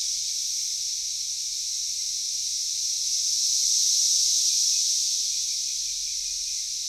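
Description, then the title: Cicadas in a shrill continuous chorus, a dense high hiss that builds slowly to a peak just past midway before easing. Cicadas calling in a backyard in Knoxville, Tennessee, USA. "3619 Alpine Dr SE, Knoxville, TN 37920, USA - Backyard Cicadas"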